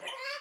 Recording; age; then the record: pig call; piglet (1 to 25 days)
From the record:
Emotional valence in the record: negative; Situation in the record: restrain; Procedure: in the arms of a person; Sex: male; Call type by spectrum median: low-frequency call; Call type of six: low-frequency tonal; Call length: 0.41 s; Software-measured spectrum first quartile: 1111 Hz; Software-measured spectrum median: 2074 Hz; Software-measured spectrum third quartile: 3299 Hz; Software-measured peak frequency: 556 Hz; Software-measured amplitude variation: 98 dB a second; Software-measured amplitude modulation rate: 18.2 a second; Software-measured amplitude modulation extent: 5.4 dB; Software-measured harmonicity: 5.7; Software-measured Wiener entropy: -1.65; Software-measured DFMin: 523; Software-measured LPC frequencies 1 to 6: 759, 1980, 3031, 4507, 5074, 6833 Hz